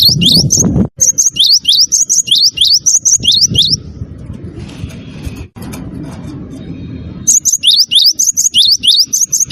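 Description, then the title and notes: Bird chirping densely and rapidly at high pitch, a long pause with low noise, then the quick chirps resume. Melodious bird sound used as a phone ringtone. "ND Burung. Nada Dering Burung Dengan Suara Merdu"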